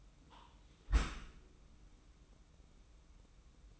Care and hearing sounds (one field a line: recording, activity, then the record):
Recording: daily activity, microphone in the room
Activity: close dishwasher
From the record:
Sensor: 1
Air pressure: 994.5 hPa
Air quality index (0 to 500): 219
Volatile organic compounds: 1000 ppm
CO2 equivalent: 7860 ppm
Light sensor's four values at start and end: 150/345/155/172 and 153/352/158/176